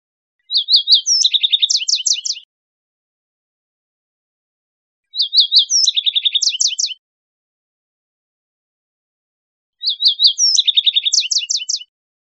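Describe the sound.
Yellow-eyed junco singing three phrases, repeated about every four to five seconds; each phrase is a mix of clipped whistles and fast trilled notes.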